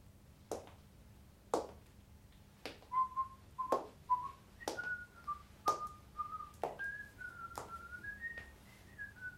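A man whistles a wandering tune of short, mid-pitched phrases that rise gradually, punctuated by sharp clicks roughly once per second keeping a steady beat. No one speaks.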